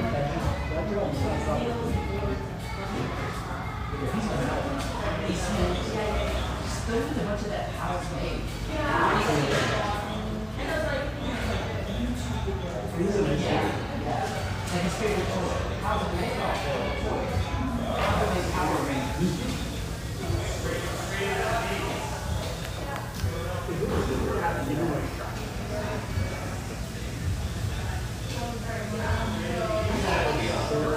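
Steady chatter fills a family-oriented coffee shop, many overlapping voices with a constant low hum beneath and occasional brighter clinks throughout.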